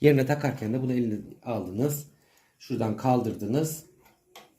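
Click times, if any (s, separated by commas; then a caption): 4.4 s. On a Singer 1288 sewing machine, a removable metal hook/bobbin-area part is lifted back into place after lint is cleaned from the hook area, then pressed into its spring-loaded mechanism while someone talks. A short, quiet click at 4.4 s marks the part seating in place.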